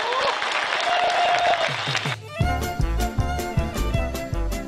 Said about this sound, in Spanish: Un fuerte aplauso.